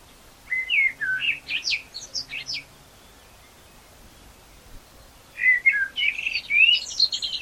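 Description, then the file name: Common blackbird song: two phrases of mellow whistled notes running into sharp high squeaks, with a quiet gap between them. "Turdus merula"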